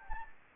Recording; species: mosquito wingbeat signal from an infrared sensor; Anopheles gambiae